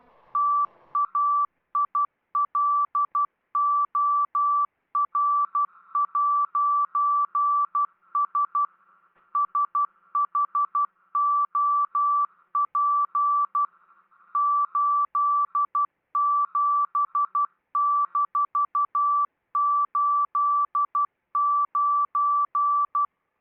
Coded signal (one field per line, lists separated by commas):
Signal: Morse code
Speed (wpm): 12 wpm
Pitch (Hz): 1160 Hz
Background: none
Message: TAILOR'S SHOP 87-89